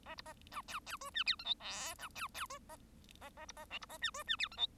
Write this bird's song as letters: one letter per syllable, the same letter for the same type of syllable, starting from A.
A B A C D D E F G H I J C D D E A A A B A K B A F E F G H I